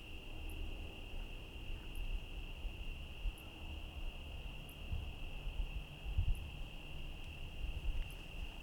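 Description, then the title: Cricket song holds as a continuous high, even trill, while soft high ticks recur at regular intervals over a low rumble. Night, Trinity County, California, USA, 17/10/25 around 05:06; rain and cars present; recorded on a Zoom H1 with internal XY mics. "Trinity County, Californie, États-Unis d'Amérique - 17_10_25_05_06 grillons nuit voitures PLUIE"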